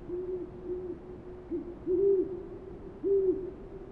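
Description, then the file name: Owl hooting, low mellow notes; soft hoots at first, then two louder, rounded hoots about a second apart. Several owls recorded on 28 February 2009. "090228-0405 owls"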